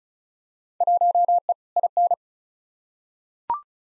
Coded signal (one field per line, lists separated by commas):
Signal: Morse code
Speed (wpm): 34 wpm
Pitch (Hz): 700 Hz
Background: none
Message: 1E IN